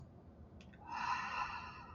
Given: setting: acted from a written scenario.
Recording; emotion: vocal sound without words; awe